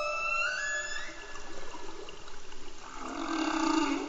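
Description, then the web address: Humpback whale song: a rising harmonic cry at first, then pulsing, wavering tones and a broad, groaning moan building toward the end. Antarctica. "Antarctia Bultrug Humpback Whale Song"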